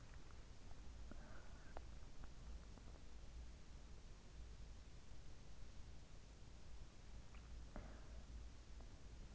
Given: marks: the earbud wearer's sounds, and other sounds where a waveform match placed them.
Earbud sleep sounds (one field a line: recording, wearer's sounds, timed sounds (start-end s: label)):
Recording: sounds in sleep by an in-ear microphone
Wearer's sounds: breath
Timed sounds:
1.17-3.37 s: breath
7.27-9.35 s: breath